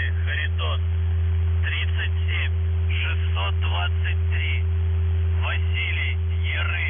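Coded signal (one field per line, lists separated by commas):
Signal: numbers station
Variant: UVB-76 voice message, Russian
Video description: Callsign: VZhTsKh (ВЖЦХ) Message text: 37 623 VYChISTKA (ВЫЧИСТКА) 87 62 98 84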